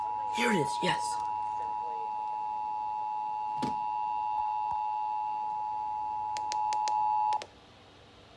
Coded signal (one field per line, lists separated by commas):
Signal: Emergency Alert System (SAME) tones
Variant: 853 and 960 Hz attention tone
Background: speech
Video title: SAGE Dave & DASDEC relaying Civil Authority Test (EAS #19-20)